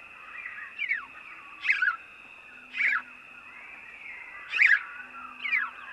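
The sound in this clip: House sparrow chirps, five clipped notes scattered throughout, varying in loudness, over a continuous high background hum.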